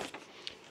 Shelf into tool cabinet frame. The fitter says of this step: čia užsikabina čia yra iš kitos pusės stovs va užsikabino